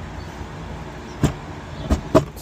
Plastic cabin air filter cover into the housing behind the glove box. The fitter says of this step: so you just line that up snap